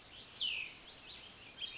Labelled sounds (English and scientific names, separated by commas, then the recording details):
Cassin's Vireo (Vireo cassinii)
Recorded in Sonoma County, California